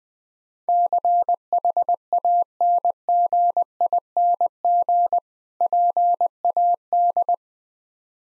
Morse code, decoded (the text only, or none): CHANGING PAD